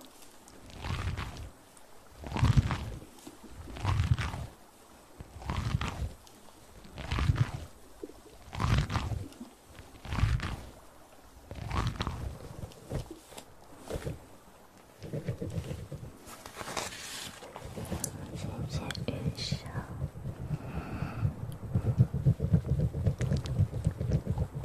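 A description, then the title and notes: Hand and mouth sounds: for the first fifteen seconds, soft breathy puffs or rubs repeat at a steady pace, about one every second and a half. After that a denser, rougher low rumble takes over, with brief bright hisses near seventeen seconds. Hand Sounds & Mouth Sounds.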